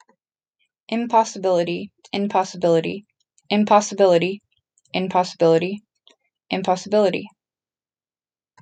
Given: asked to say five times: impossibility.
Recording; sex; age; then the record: repeated word; female; 30 to 39 years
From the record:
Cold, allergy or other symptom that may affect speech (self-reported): no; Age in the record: 37 years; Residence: California, United States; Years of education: 15